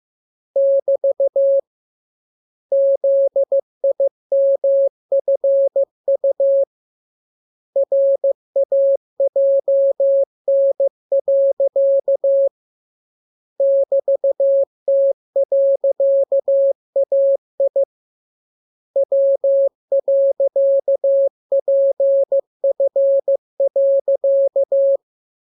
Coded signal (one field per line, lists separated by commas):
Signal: Morse code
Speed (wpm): 15 wpm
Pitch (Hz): 550 Hz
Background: none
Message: <BT> ZIMFU RAJN. <BT>T.AI W.PF.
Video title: Learning Morse Code. Lesson 17. Letter KMURESNAPTLWI.JZ=F